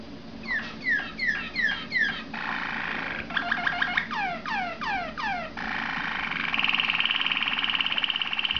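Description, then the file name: Waterslager canary song: fast downward-sweeping notes, a rattling roll, sweeping slurred whistles, then a long steady buzzy trill at a higher pitch. "malinois waterslager omkicau"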